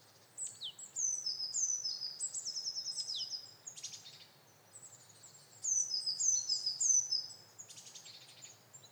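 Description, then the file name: Eurasian blue tit calls: high, thin descending notes in fast series, broken by a few sharp clicks and a pause before a second burst of calling. "Cyanistes caeruleus"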